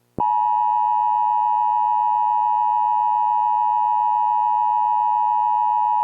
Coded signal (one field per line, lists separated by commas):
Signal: Emergency Alert System (SAME) tones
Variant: 853 and 960 Hz attention tone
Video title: EAS mock scenario: A lake Volcanic Eruption